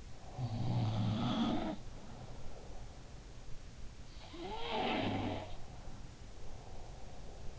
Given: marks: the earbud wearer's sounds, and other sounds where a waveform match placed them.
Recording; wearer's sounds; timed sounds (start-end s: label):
sounds in sleep by an in-ear microphone; breath
0.18-3.11 s: sound from someone else or the room
0.18-3.30 s: breath
4.80-7.59 s: breath